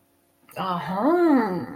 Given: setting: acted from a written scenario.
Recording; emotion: vocal sound without words; realization